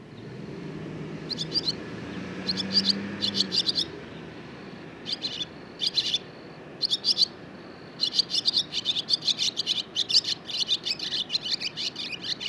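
Barn swallow song: short clusters of rapid high twittering notes, building into a long continuous chattering run.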